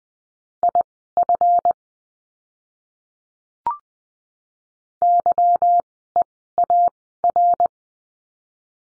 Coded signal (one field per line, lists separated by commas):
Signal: Morse code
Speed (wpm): 20 wpm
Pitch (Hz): 700 Hz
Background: none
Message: IF YEAR